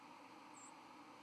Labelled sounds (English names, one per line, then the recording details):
White-throated Sparrow flight call
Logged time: 09:39 on 31 October 2014